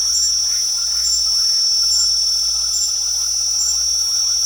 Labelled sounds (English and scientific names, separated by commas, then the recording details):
none
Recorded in pastures near Puerto Asís, Putumayo, Colombia, on 4 March 2025 at 21:00
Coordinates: 0.497, -76.327
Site G072